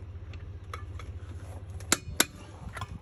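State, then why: Torque reached. A click-type torque wrench is used to check a lug nut on a truck wheel. It gives two sharp metallic clicks at 1.9 s and 2.2 s as it reaches its setting, with fainter taps around them over a steady low hum. The clicks mean the nut is at torque and no more pressure is needed.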